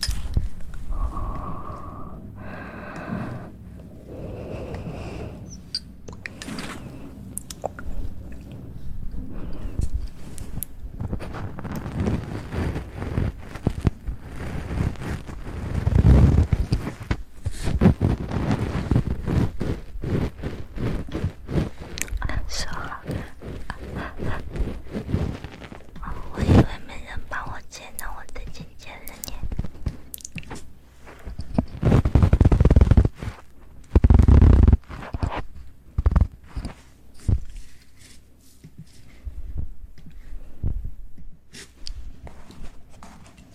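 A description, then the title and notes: Wet mouth sounds fill the recording: clicks, smacks and chewing-like noises arriving in quick, irregular bursts. A few brief tonal squeaks appear in the first five seconds, and heavier, thumping low sounds peak around 16 and 33 to 35 seconds. ASMR Christmas Special Edition, Mouth Sounds.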